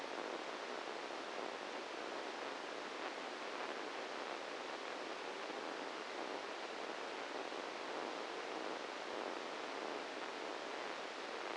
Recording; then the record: brain microelectrode recording played as sound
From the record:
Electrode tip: inside the subthalamic nucleus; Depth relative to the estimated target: 0 mm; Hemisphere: right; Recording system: NeuroSet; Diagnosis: Parkinson's disease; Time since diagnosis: 7 years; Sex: male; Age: 44 years